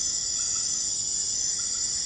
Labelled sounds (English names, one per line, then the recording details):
none
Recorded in pastures near Puerto Asís, Putumayo, Colombia, on 12 March 2025 at 23:30
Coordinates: 0.502, -76.324
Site GP07